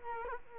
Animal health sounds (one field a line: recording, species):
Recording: mosquito wingbeat signal from an infrared sensor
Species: Culex quinquefasciatus